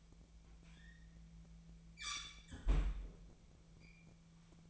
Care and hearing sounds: daily activity, microphone in the room; close fridge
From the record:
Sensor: 1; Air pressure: 1009.7 hPa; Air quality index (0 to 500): 191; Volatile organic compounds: 18 ppm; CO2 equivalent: 2622 ppm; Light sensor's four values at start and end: 32/82/34/41 and 32/82/34/41

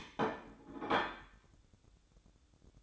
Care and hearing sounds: daily activity, microphone in the room; place plate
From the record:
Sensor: 3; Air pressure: 1007.5 hPa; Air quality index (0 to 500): 50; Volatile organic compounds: 1 ppm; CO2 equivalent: 580 ppm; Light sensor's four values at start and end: 8/20/8/8 and 8/20/8/8

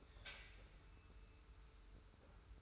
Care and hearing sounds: daily activity, microphone in the room; take from stove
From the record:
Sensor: 2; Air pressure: 991.0 hPa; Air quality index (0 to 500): 110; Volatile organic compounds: 48 ppm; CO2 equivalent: 3272 ppm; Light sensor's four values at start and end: 34/102/40/38 and 34/102/40/38

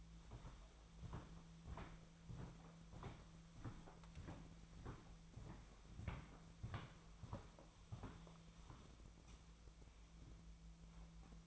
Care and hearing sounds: daily activity, microphone in the room; walk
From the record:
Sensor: 1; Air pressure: 1008.4 hPa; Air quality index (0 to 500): 191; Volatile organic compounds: 17 ppm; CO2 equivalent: 2592 ppm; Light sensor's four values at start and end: 19/48/20/23 and 19/48/19/23

